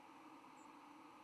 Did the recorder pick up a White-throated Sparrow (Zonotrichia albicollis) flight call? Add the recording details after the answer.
no. Another species' flight call is heard. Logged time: 05:38 on 10 November 2014